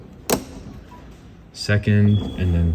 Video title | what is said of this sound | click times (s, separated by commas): 2024 Carrera Trekseeker II Semi OFF-Road 19'6" Caravan Walkthrough | and then you can push it open you listen for the click and then it'll elect your pitch | 0.3 s